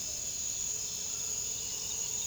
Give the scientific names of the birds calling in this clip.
none